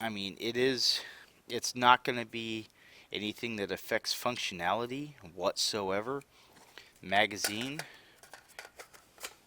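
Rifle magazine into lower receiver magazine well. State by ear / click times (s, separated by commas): seated / 9.2 s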